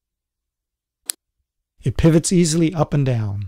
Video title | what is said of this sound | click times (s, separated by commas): Making a Servo Controlled Eyeball for Pi Camera 2 | main eye structure has two matching pivot points sticking out for those holes the eyeball simply snaps into place it | 1.1 s